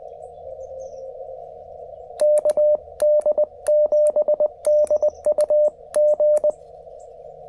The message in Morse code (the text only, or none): KD7DUG